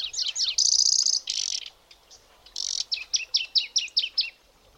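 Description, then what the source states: Taiga Flycatcher calls: dry buzzy rattles among short high notes, then a quick series of several short downslurred high notes. Rattling call; possibly the most numerous bird in the catch there; late August.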